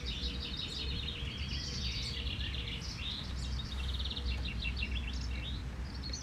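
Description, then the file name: Common chaffinch calls: dense, overlapping high chirps and short trills running throughout, over a steady low rumble. "vink"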